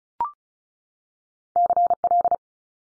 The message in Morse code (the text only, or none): CL